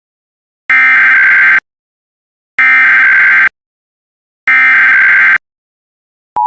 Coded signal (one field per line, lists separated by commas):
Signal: Emergency Alert System (SAME) tones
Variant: header bursts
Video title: EAS Compilation of Only Civil (Non-Weather) Alerts Vol. 1